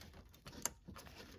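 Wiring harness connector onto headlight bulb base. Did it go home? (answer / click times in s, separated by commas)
yes / 0.7 s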